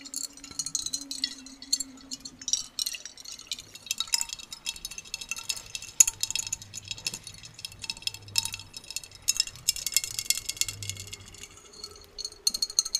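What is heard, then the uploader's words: Jar tapping and bubbles: dense, irregular clinks and bright crackly ticks run throughout, thickest around 4 and 10 seconds. A low hum sits under the first three seconds, and soft low rumbling swells appear between about 5 and 11 seconds. NO TALKING OR WHISPERING. Jar tapping and bubbles.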